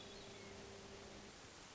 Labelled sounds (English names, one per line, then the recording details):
Hermit Thrush
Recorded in Sonoma County, California